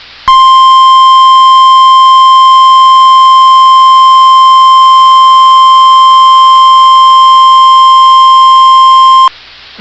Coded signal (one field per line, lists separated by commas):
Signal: Emergency Alert System (SAME) tones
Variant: 1050 Hz attention tone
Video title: [EAS Compilation] Northern Minnesota Flood Warnings August 18 2022